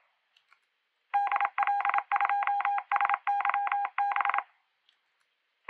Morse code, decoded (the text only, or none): DL2SYB